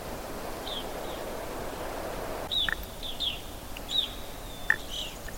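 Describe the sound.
Evening grosbeak calls: several brief, clear, slightly descending whistled notes at irregular intervals, with a few short sharp notes, over steady background noise.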